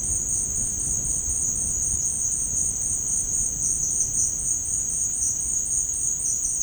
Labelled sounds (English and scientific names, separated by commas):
none